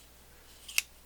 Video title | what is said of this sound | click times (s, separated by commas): More Flea Market Finds August 31st 2025 | just push this cover in and it kind of like just clicks in place. | 0.8 s